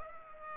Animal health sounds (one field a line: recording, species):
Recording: mosquito wingbeat signal from an infrared sensor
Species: Culex pipiens